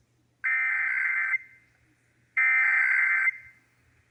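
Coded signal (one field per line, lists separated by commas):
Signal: Emergency Alert System (SAME) tones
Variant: header bursts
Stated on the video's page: Texas Required Monthly Test as aired on AM, FM and TV broadcast stations.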